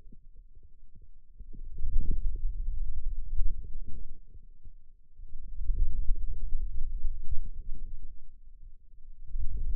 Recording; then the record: forearm muscle sounds (acoustic myography)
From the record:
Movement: radial deviation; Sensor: system 2, bracelet of six BSWA MPA416 microphones around the upper forearm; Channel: 1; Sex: male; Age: 22 years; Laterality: right